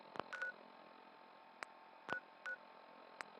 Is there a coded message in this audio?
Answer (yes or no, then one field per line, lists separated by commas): no